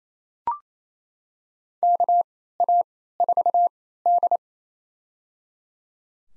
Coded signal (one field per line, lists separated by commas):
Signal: Morse code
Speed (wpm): 28 wpm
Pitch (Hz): 700 Hz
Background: none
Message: KA4D